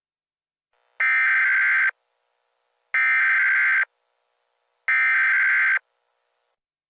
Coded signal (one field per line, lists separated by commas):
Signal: Emergency Alert System (SAME) tones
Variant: header bursts